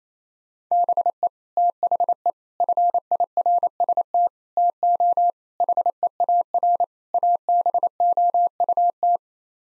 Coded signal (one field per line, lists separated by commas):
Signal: Morse code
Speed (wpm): 27 wpm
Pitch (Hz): 700 Hz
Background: none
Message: BE THE FIRST TO HEAR ABOUT